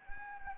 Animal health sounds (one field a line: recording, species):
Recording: mosquito wingbeat signal from an infrared sensor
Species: Anopheles gambiae